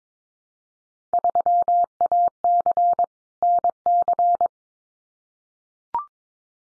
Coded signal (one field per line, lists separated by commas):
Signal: Morse code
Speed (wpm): 22 wpm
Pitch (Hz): 700 Hz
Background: none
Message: 3AC NC